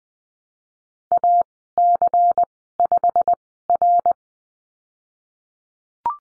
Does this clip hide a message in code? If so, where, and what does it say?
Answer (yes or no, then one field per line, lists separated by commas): yes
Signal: Morse code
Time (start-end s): 1.1-4.1 s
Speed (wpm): 20 wpm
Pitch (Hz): 700 Hz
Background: none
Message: A C 5 R